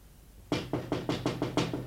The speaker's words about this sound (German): Es klopft ans Fenster. Es ist wer draußen.